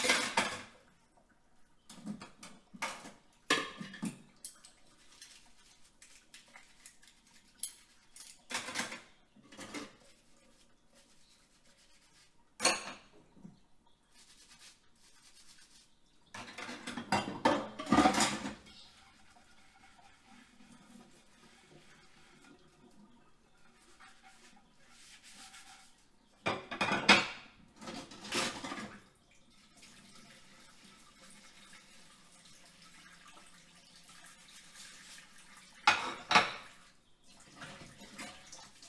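Dishes and cutlery clatter in sharp, scattered bursts, with louder clusters near 18, 27 and 36 seconds, between quiet stretches in a still kitchen.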